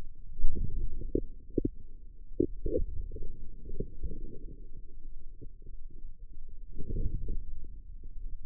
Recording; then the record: forearm muscle sounds (acoustic myography)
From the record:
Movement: outward rotation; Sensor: system 2, bracelet of six BSWA MPA416 microphones around the upper forearm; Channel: 6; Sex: male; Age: 22 years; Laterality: right